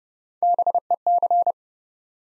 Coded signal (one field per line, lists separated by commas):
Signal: Morse code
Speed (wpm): 30 wpm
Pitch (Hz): 700 Hz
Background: none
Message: BEC